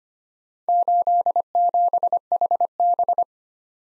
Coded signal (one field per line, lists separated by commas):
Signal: Morse code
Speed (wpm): 25 wpm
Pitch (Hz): 700 Hz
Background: none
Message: 87HB